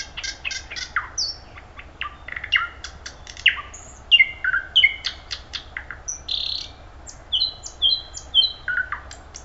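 Thrush nightingale song: rapid knocking clicks, swooping whistles and rasping buzzes in quick varied phrases, with short repeated high whistled notes near the end.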